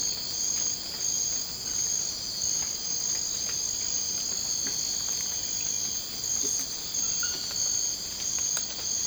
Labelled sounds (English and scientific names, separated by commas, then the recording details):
none
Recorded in dense forest near Puerto Asís, Putumayo, Colombia, on 24 March 2025 at 02:00
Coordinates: 0.481, -76.323
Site G088